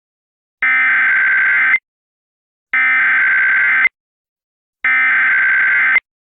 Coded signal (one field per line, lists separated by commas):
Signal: Emergency Alert System (SAME) tones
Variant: header bursts